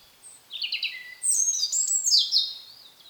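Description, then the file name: European robin singing high, thin whistles that swoop down and up in a quick, varied phrase. "Erithacus rubecula"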